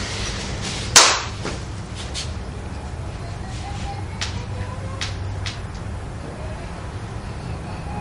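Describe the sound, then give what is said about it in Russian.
A single sharp hand clap rings out near the start, loud and crisp, signalling the start of a repeated squeeze-and-release exercise at a seminar on mudras and bandhas, followed by several seconds of steady low background hum with a few faint, soft clicks. “Значит, я хлопну в ладоши, начинаем сжимать, разжимать, сжимать, разжимать, сжимать, разжимать, сжимать, разжимать какое-то количество раз, пока я второй раз не хлопну в ладоши.”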